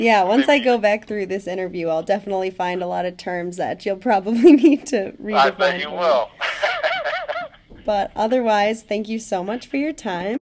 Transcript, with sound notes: Once I go back through this interview I'll definitely find a lot of terms that you'll probably need to redefine for me.
I bet you will. (laughs)
But otherwise, thank you so much for your time.